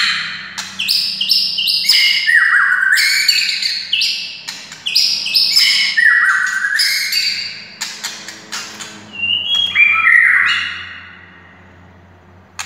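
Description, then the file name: White-rumped shama song: rich, varied whistled phrases, sliding and stepping notes mixed with sharp clicks and chattering bursts, a pause near the end; faint low hum beneath. Wild, native forest bird. "suara murai hutan asli"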